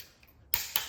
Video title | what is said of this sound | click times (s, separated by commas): LAND ROVER 4.2L V8; Cylinder Head Fitting; Feb 24, 2025 | You can hear it when it's gonna click. | 0.5 s